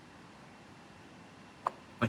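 A metal right-hand-side timing-belt cam gear for a 2005 Subaru WRX STI is slipped onto the engine camshaft and pushed until it snaps into place. Over a low, steady background hiss, a sharp click sounds at 1.7 s, followed by a second, slightly longer click at 2.0 s as the gear seats and locks onto the camshaft.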